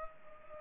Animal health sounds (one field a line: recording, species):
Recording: mosquito wingbeat signal from an infrared sensor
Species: Culex pipiens